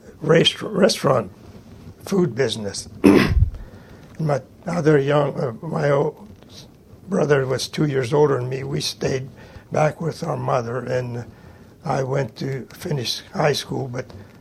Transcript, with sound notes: rest -- restaurant food business. (clears throat) But other young -- my oldest brother was two years older than me -- we stayed back with our mother, then I went to finish high school but